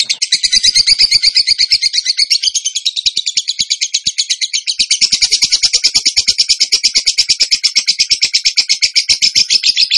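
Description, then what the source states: Bird pouring out a relentless, rapid run of shrill repeated notes, buzzy and dense, without a pause. Masteran (training recording) in the tembakan gacor song style.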